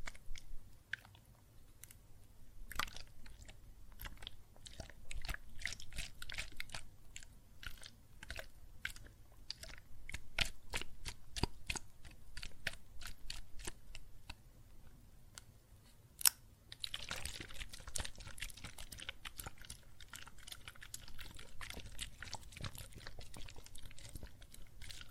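Water and soap foam crackle with dense, irregular pops and fizzing clicks scattered across the whole clip, each a short bright tick. The popping thickens after about 17 seconds into a steady sizzling hiss, with a low soft rumble underneath throughout.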